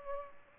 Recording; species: mosquito wingbeat signal from an infrared sensor; Culex pipiens